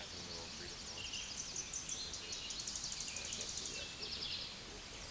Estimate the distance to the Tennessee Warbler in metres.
about 45 m